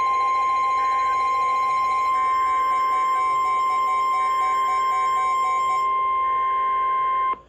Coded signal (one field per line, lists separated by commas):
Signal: Emergency Alert System (SAME) tones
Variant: 1050 Hz attention tone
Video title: EAS 2437-2441 (Five Header)